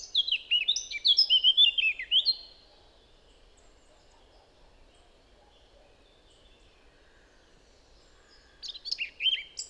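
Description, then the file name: Eurasian blackcap giving a brief scratchy warble that ends in fluty whistles, then a long quiet pause before a fresh burst of chattering song begins. "Sylvia atricapilla"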